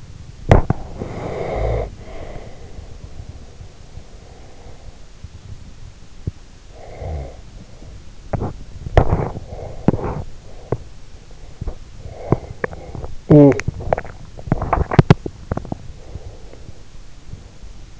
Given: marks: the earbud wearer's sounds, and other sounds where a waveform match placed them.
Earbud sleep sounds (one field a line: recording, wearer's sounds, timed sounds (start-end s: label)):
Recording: sounds in sleep by an in-ear microphone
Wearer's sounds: body movement, breath, talking in sleep, swallowing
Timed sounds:
0.30-5.05 s: body movement
0.91-5.24 s: breath
6.65-8.09 s: breath
8.24-13.14 s: body movement
13.14-13.72 s: talking in sleep
13.83-14.32 s: swallowing
14.32-16.17 s: body movement
16.00-17.87 s: breath